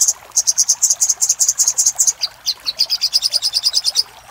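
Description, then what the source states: Little spiderhunter song: many high, piercing notes repeated rapidly and evenly, with a short change of note midway before the run resumes. Master recording for training cage birds; labelled Labaik.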